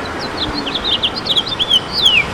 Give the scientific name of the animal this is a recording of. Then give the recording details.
Haemorhous mexicanus. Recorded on Long Island, New York, on 22 June 2012. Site AU. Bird B